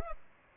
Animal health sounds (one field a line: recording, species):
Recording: mosquito wingbeat signal from an infrared sensor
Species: Culex pipiens